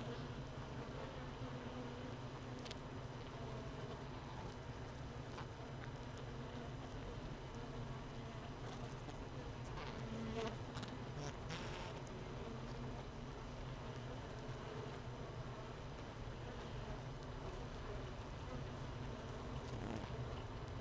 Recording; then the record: honeybee colony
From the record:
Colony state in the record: missing queen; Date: 31 May 2018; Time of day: 15:54